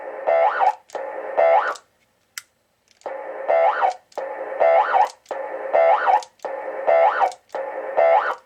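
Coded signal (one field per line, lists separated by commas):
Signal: none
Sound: a radio's doorbell roger beep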